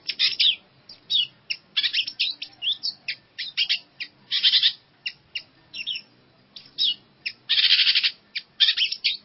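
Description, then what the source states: Long-tailed shrike singing a dense medley of scratchy notes and chattering bursts, with a broad harsh rasp near the end. Combination song track of mixed, mimicked phrases, used for training birds.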